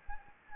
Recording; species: mosquito wingbeat signal from an infrared sensor; Anopheles gambiae